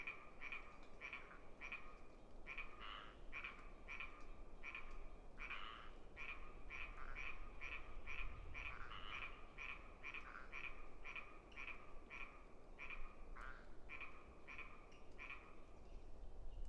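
Frogs call steadily through a late spring afternoon by a flooded meadow under aspen and pine, short croaks repeating about twice a second in an unbroken chorus. Each pulse is a bright, clipped rasp. A low, constant rumble runs underneath throughout.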